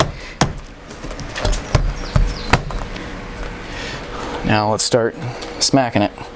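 On a GX470, the rear section of a plastic rear door window trim is lined up over its clip hole at the door pinch weld and handled in preparation for being smacked down. Sharp knocks land around 0.0, 0.4, 1.8, 2.2 and 2.5 seconds, and someone talks near the end. Nothing has seated or clicked yet.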